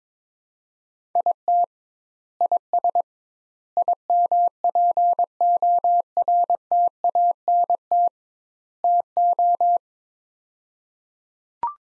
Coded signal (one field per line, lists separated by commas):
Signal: Morse code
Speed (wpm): 22 wpm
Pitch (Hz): 700 Hz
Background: none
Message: IT IS IMPORTANT TO